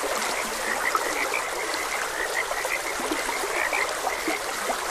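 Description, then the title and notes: Frogs croaking in a dense chorus of short notes, steady throughout, over continuously flowing water. Frogs croaking beside a gentle stream; continuous nature ambience. "Gentle Stream and Frogs Croaking - 4 Hr Calming Sounds of Nature |Ep56. Sleep and Relaxation Podcast"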